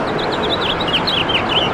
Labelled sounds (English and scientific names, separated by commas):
House Finch (Haemorhous mexicanus) song